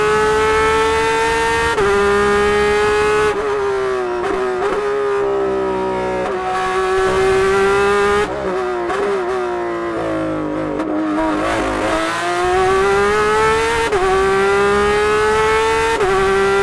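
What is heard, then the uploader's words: A flat-six engine wails from inside the car as it climbs through the revs, with sharp gear changes around 2, 3.5, 6.5, 8 and 14 seconds. Around 9 to 12 seconds the pitch drops and wavers through braking and a corner before climbing again. Porsche 911 RSR In-Car Audio at Petit Le Mans 2019. Ride inside the Coke-liveried factory Porsche 911 RSR at Petit Le Mans. During practice at Road Atlanta in 2019. Wind the glorious 4.0-liter flat-six engine to its limit and fly around the daunting road course.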